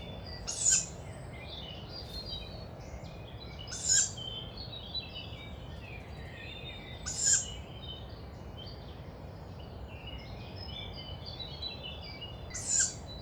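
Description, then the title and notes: Young tawny owl repeating a sharp, breathy hiss four times, at irregular gaps of about three to six seconds, with faint birdsong and a low background hum. Young owl at a nest site also used the previous year, Bois de Vincennes, 29 May 2019, 5:15 am; perched overhead; the characteristic hissing breath of young owls; recorded with MixPre-3 and two MKH40 microphones. "La jeune chouette de Vincennes. 29 mai 2019-5h15-Bois de Vincennes. ce souffle caractéristique des jeunes Chouettes hulottes (Strix aluco)"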